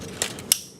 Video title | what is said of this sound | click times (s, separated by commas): 2001 Excursion Alternator replacement | then this part should just snap right down in here. Like that until you hear a click. | 0.5 s